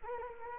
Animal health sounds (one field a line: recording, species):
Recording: mosquito wingbeat signal from an infrared sensor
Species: Anopheles gambiae